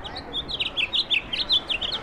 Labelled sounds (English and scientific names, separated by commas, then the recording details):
House Finch (Haemorhous mexicanus) song
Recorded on Long Island, New York, on 17 May 2012
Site AB
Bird C